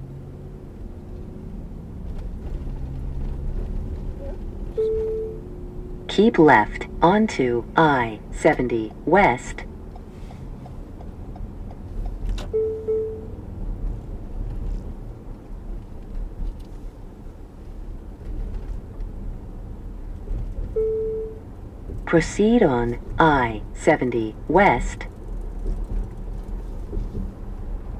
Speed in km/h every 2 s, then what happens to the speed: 24, 31, 32, 34, 35, 37, 40, 40, 35, 34, 34, 37, 40, 45.
0-12 speeds up to 40. 12-20 slows to 34. 20-28 speeds up to 45.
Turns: 16-28.